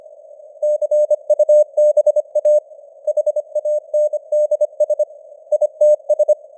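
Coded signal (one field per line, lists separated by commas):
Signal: Morse code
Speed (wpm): 25 wpm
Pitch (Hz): 600 Hz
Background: none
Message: CUBA HANDS ITS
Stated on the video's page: Morse code news at 25 wpm with simulated radio noise and fading signal strength.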